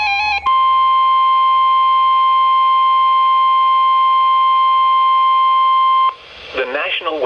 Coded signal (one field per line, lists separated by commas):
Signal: Emergency Alert System (SAME) tones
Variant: 1050 Hz attention tone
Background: speech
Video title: Severe Thunderstorm Warning (EAS #1,064) 8/28/17